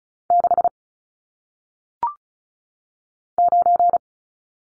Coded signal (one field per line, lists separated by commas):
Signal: Morse code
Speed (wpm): 36 wpm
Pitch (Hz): 700 Hz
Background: none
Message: 6 9